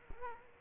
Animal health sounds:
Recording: mosquito wingbeat signal from an infrared sensor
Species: Culex quinquefasciatus

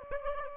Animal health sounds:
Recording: mosquito wingbeat signal from an infrared sensor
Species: Aedes aegypti

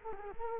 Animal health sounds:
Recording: mosquito wingbeat signal from an infrared sensor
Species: Culex quinquefasciatus

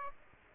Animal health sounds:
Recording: mosquito wingbeat signal from an infrared sensor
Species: Aedes aegypti

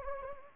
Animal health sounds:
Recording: mosquito wingbeat signal from an infrared sensor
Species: Anopheles gambiae

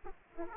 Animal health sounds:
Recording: mosquito wingbeat signal from an infrared sensor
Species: Aedes aegypti

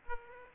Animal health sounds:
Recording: mosquito wingbeat signal from an infrared sensor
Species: Aedes aegypti

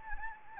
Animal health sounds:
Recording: mosquito wingbeat signal from an infrared sensor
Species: Anopheles gambiae

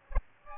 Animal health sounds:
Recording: mosquito wingbeat signal from an infrared sensor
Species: Aedes aegypti

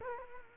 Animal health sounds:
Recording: mosquito wingbeat signal from an infrared sensor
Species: Culex quinquefasciatus

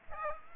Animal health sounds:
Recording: mosquito wingbeat signal from an infrared sensor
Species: Aedes aegypti

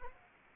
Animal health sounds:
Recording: mosquito wingbeat signal from an infrared sensor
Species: Anopheles arabiensis

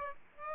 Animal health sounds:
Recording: mosquito wingbeat signal from an infrared sensor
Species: Aedes aegypti

